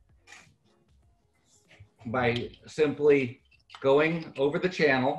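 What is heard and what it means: A plastic Bluetooth link module is handled and slid over the channel of the link housing, with faint handling noises before someone talks. The clip ends before the module goes home, so nothing has seated or clicked into its mount yet.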